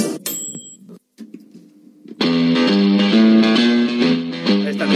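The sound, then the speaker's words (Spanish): A brief jingle-like burst with a bright high tone gives way to a loud, distorted electric guitar riff, its chugging notes stepping in a steady rhythm through the second half, introducing the Lost News section of the radio show El Microondas. “Ahí viene. Está el riff.”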